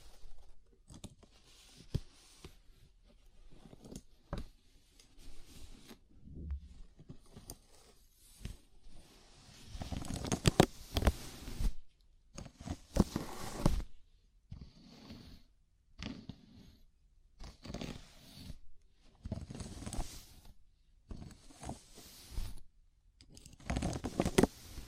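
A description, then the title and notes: A scalp massage made of crackly scratching and rubbing strokes that come in irregular bursts, separated by brief near-silent gaps. The strokes grow denser and louder around the middle and again near the end, with soft low thuds mixed among the brighter scratches. ASMR Sleepy Scalp Massage (No Talking).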